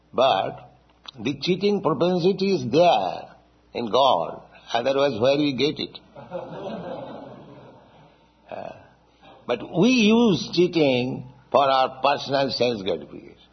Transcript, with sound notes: But the cheating propensity is there in God. Otherwise where we get it? (laughter) But we use cheating for our personal sense gratification.